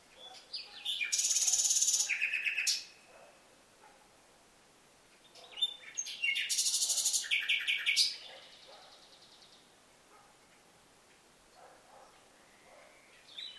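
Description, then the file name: Common nightingale song: two long phrases of dense, harsh high rattling trills, each about two to three seconds, separated by a pause. "Luscinia megarhynchos"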